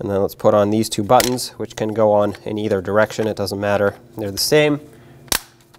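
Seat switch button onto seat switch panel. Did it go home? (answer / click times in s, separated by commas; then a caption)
yes / 5.3 s. Someone talks while two interchangeable plastic seat switch buttons, which fit in either direction, are pressed onto the power seat switch panel of a 2009-2014 Ford F-150 during a switch bezel replacement. A sharp snap at 5.3 s marks the buttons locking down in place, followed by a couple of faint small clicks.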